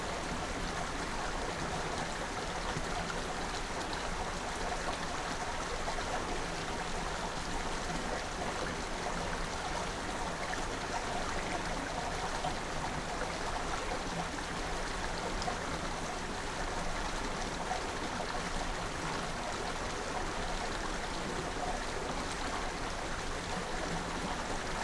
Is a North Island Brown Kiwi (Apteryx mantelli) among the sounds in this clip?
no